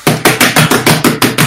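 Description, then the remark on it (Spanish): A rapid, steady run of about nine loud thumps as a hand bangs on a table, each hit sharp and full-bodied, evenly spaced with no talking. “Es que no sé cómo se escucha para el otro lado, como que lo hago acá con pegándole en la mesa, pero no sé cómo se escucha.”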